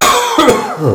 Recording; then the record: coughing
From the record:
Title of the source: Mid-morning Winter Coughing Fit